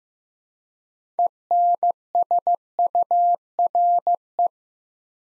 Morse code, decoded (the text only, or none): ENSURE